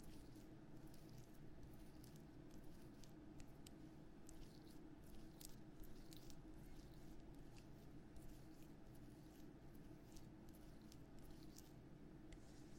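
An ear massage, with a steady, dense run of soft squishing and rubbing sounds over a low, muffled rumble. Small crackles and ticks flicker throughout, holding an even level.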